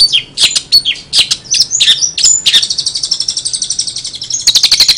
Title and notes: Suara Burung Cendet Isian Cililin. Masteran Burung Cendet